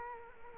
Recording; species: mosquito wingbeat signal from an infrared sensor; Culex quinquefasciatus